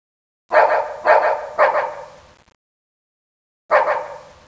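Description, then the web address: Dog barking, three quick barks in a row, a pause, then a single further bark. "nijmegen hund"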